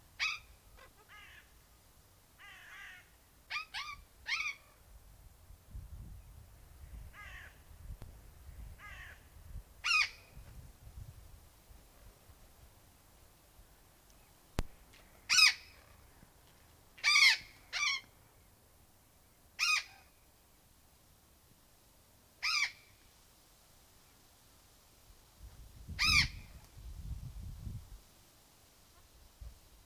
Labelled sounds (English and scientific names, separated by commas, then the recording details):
Burrowing Parrot (Cyanoliseus patagonus) call
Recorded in captivity
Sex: group
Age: adult
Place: Tierpark Berlin, Berlin, DE
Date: 2002-09-16 15:07
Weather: bedeckt (Wolken wechselnd), ca. 16 - 17°C
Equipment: Nagra SN, Kopie Uher 4000 Report Monitor
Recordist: Tembrock, Günter
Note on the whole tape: Gruppe: Kurzlaute